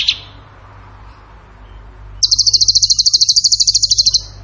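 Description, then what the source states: Bird gives a high, even trill of many quick repeated notes lasting about two seconds. Masteran (training recording) for songbirds in the tembakan gacor style.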